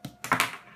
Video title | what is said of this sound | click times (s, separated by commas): Ethereum Mining Rig & Zcash Mining Rig - Part 2 How to Build | give them this nice firm down push you'll hear it clicking that's | 0.2 s, 0.3 s